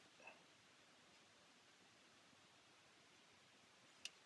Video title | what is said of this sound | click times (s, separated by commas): Das Werk 1/72 WW1 U-boat SM U9 build part 7 | reassuring little click there we | 4.1 s